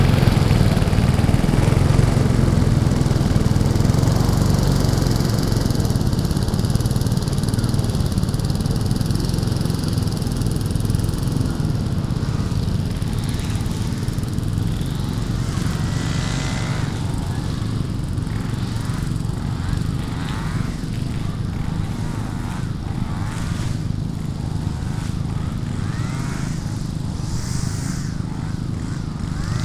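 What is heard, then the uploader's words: Several lawn mower engines roar together in a thick, steady drone, loud from start to finish. After about fifteen seconds, wavering revs and whining pitches rise and fall above the low rumble, with a bright whine near the end. Mürafoonia Muruniidukitel is a performance/composition for lawn mowers by Taavi Suisalu, conducted by Andrus Kallastu and performed/recorded during the UIT festival in Tartu, Estonia. Noisephony of Lawn Mowers.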